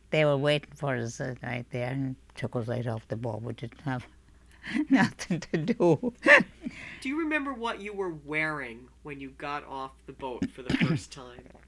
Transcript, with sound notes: They were waiting for us right there and took us right off the boat, which is nothing to do. ( she laughs )
Do you remember what you were wearing when you got off the boat for the first time?